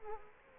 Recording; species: mosquito wingbeat signal from an infrared sensor; Culex quinquefasciatus